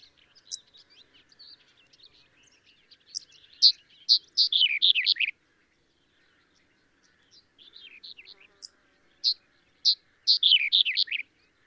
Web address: chestnut eared bunting call